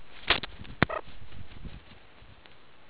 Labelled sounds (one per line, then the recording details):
meerkat close call
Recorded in the Kuruman River Reserve, South Africa
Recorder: an audio tag on a meerkat's collar